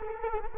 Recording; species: mosquito wingbeat signal from an infrared sensor; Culex quinquefasciatus